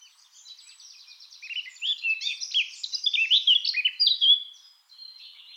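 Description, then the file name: Eurasian blackcap song opening with quiet, rapid ticking, building into a loud, jumbled warble, then a short pause and softer notes. "Sylvia atricapilla"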